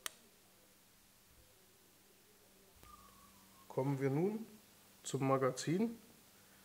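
The extractor claw on the bolt of a HEYM Model Express bolt-action rifle snaps into place as the metal bolt part is turned 180 degrees during reassembly, giving a single sharp click at 0.1 s. After a quiet stretch and a faint knock near 2.8 s, someone talks. The claw is seated.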